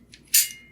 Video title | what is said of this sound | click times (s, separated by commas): #481 Time to answer a few questions about the Elemake MKD-001 | hear that click | 0.4 s